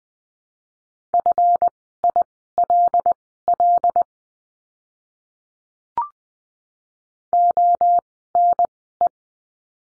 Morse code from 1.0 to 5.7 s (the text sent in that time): FILL